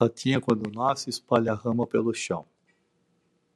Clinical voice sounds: short text; Brazilian Portuguese; male; 70 to 79 years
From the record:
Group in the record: control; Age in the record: 70 years

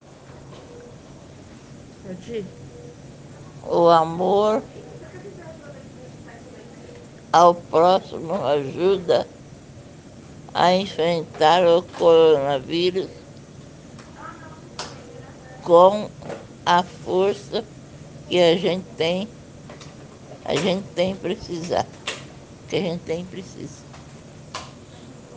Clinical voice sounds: spoken sentence; Brazilian Portuguese; female; 60 to 69 years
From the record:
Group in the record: respiratory insufficiency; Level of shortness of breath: 5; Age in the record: 68 years

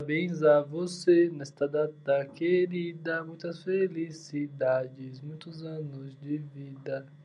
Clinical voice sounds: short text; Brazilian Portuguese; male; 20 to 29 years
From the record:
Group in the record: control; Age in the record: 24 years

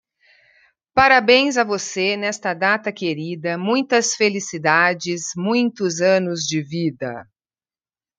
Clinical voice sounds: short text; Brazilian Portuguese; female; 40 to 49 years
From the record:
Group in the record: control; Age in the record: 49 years

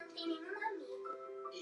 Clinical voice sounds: short text; Brazilian Portuguese; female; 50 to 59 years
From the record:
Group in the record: control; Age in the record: 57 years

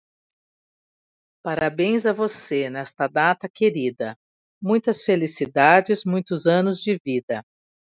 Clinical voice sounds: short text; Brazilian Portuguese; female; 40 to 49 years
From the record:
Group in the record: control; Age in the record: 47 years

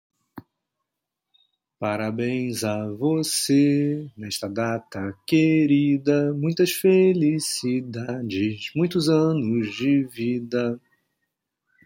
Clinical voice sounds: short text; Brazilian Portuguese; male; 40 to 49 years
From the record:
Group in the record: control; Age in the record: 42 years

